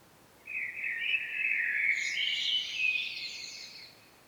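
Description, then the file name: Common blackbird singing one long mellow phrase that climbs into a high, squeaky twitter before fading out. "Turdus merula"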